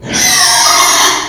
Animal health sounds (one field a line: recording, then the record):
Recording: squeal of a Yucatan mini pig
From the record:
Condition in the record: before surgery on the right vocal fold (resection and tissue-engineered implant)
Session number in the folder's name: 2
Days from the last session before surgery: 0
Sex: male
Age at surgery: 12 weeks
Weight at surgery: 13 kg